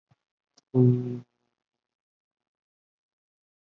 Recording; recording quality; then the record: sustained vowel as in boot; poor, much background noise or distortion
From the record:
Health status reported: COVID-19 positive, mild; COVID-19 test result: positive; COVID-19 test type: RT-PCR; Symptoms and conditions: cough, cold, breathing difficulty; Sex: male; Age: 25 years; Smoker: no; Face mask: not worn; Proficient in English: yes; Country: India